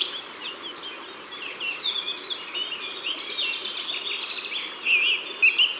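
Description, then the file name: Song thrush song: mixed whistles and trills, ending with a wavering whistled phrase sung twice in a row. Recorded in Ardèche, France. "Grive-Musicienne-Concerts-Naturels-De-l Ardeche"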